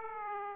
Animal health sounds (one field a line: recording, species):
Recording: mosquito wingbeat signal from an infrared sensor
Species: Aedes aegypti